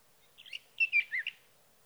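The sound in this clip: Sage thrasher giving a brief warbled phrase of a few quick slurred notes, under a second long, with nothing else audible.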